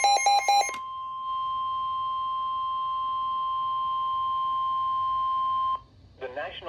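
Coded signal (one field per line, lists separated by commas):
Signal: Emergency Alert System (SAME) tones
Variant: 1050 Hz attention tone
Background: speech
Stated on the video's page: NOAA Weather Radio severe thunderstorm warning for southwestern Kent, DE and central Caroline, MD.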